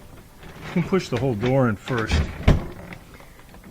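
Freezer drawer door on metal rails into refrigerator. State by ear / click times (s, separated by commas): not seated / none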